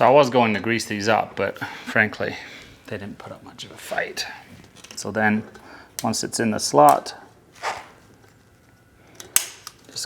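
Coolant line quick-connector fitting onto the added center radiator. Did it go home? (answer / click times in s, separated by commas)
yes / 9.4 s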